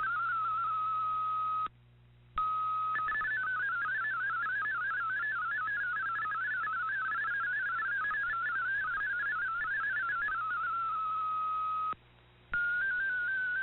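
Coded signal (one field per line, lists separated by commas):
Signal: multi-tone FSK (Olivia or MFSK type)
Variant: MFSK32 or MFSK64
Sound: a steady whistle tone, then rapid warbling melodic tone hops, with two short dropouts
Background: radio static, low hum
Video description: Here is my decode of the Shortwave Radiogram broadcast today on 7780Khz shortwave radio at 2030UTC in MFSK32 and 64 and with 8 SSTV images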